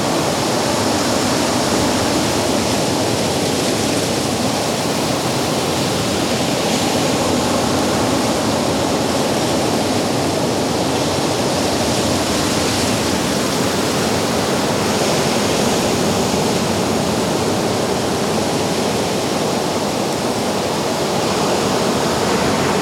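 Wind rushes steadily through tall grass on a beach, a dense, unbroken hiss that stays nearly level for the whole stretch. Beneath it sits a soft, low roar of distant ocean, with gentle slow swells in brightness every few seconds rather than distinct breaking waves.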